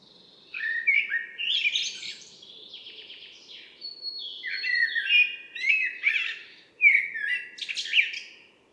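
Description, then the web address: Common blackbird song: varied warbled phrases with fluty low notes running into squeaky high twitters, several phrases over about nine seconds, with a faint steady hum beneath. "Mirlo común"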